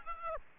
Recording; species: mosquito wingbeat signal from an infrared sensor; Aedes aegypti